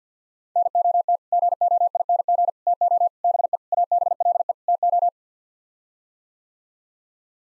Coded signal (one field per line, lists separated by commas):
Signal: Morse code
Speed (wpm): 50 wpm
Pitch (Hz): 700 Hz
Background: none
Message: NOT GOING TO BE ABLE TO